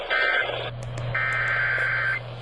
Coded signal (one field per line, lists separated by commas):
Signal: Emergency Alert System (SAME) tones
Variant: header bursts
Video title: I SWEAR TO MODERATE... EAS Alerts From 4/4/25 (EAS#3,282 - #3,288)